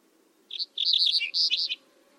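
Bird chirping, a quick burst of high twittering notes lasting just over a second, over a faint low hum.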